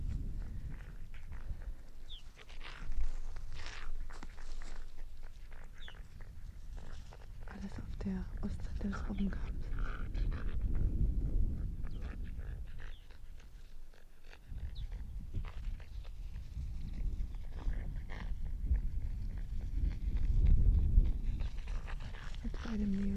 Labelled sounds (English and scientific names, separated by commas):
Arctic Fox (Vulpes lagopus)